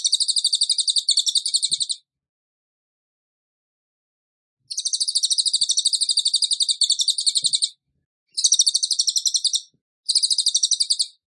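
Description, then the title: Bird song: rapid, buzzy, machine-gun-like trills of sharply repeated high notes, delivered in bursts of about one to three seconds separated by silent pauses. Training recording for cage birds, featuring a rapid-fire 'tembakan' song style from an active, vocal ('gacor') bird. "Masteran Burung Tembakan Gacor"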